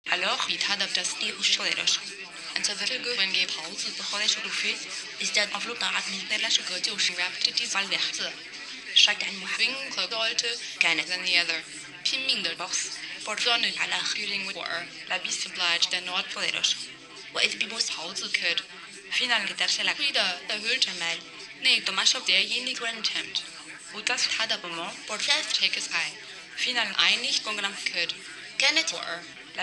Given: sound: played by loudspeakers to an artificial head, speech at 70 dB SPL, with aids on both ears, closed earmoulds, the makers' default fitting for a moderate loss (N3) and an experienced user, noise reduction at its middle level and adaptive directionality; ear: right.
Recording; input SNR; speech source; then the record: speech test signal (ISTS) in cocktail-party noise; +3 dB; in front (0 degrees)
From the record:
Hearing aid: class 1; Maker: B